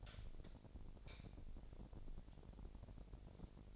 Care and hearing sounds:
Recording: daily activity, microphone in the room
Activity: light on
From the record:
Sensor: 5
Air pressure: 1012.0 hPa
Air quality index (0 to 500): 249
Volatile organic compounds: 4 ppm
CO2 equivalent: 1692 ppm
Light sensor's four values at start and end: 40/92/39/41 and 41/98/40/43

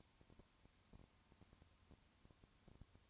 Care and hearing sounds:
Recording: daily activity, microphone in the room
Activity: no activity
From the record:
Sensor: 2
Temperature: 20.3 degrees Celsius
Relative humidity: 35.6%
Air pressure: 1000.9 hPa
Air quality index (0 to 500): 197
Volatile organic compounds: 5 ppm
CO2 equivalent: 1736 ppm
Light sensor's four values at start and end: 2/3/2/2 and 2/3/2/2

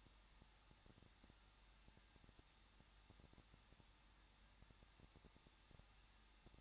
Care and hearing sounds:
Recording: daily activity, microphone in the room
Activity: no activity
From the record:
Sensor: 3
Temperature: 21.2 degrees Celsius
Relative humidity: 36.2%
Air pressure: 1006.4 hPa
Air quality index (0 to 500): 221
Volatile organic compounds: 40 ppm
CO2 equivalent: 3140 ppm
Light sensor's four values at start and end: 2/3/2/2 and 2/3/2/2

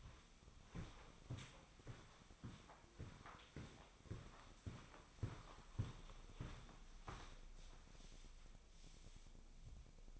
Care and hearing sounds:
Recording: daily activity, microphone in the room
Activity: walk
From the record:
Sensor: 1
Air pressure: 1009.3 hPa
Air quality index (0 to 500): 187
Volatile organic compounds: 4 ppm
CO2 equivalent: 1575 ppm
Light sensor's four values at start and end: 48/127/53/64 and 50/135/55/67

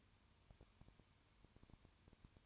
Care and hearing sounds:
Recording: daily activity, microphone in the room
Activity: no activity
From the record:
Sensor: 2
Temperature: 20.8 degrees Celsius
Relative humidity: 38.3%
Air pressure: 1010.4 hPa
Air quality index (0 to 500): 200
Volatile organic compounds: 19 ppm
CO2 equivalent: 2651 ppm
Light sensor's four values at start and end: 2/3/2/2 and 2/3/2/2

